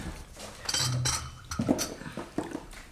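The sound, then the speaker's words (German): Light china clinks of a teacup settling on its saucer as a cup of tea is served to a doctor, several quick bright taps scattered over a few seconds, with soft rustling handling noise between them and no talking. “Eine Tasse Tee, Doktor?”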